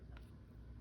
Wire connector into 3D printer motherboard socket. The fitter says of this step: you guys hear that snapping noise